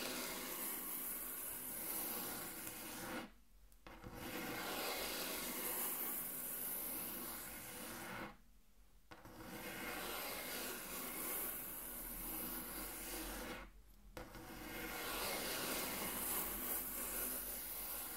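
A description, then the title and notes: Intense tracing across a table: a dense, coarse rubbing on wood that runs steadily, rasping and bright. It breaks off three times, near 3, 8 and 14 seconds, for brief pauses where only a low hum remains, then resumes at full strength. Intense Table Tracing (No Talking).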